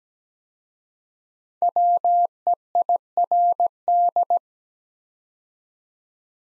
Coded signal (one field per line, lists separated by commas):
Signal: Morse code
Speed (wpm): 17 wpm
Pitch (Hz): 700 Hz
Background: none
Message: WEIRD